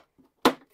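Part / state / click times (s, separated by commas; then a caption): toggle latch clamp on a plywood DJ podium panel / seated / 0.5 s. A toggle latch clamp on a plywood DJ podium panel is closed to lock the podium's pedestal panels to the flight case. After a few faint handling sounds, a single sharp, bright click rings out at 0.5 s and quickly fades. The latch clicks shut and the panel is locked in place.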